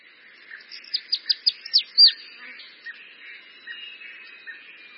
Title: Canto De Cambacica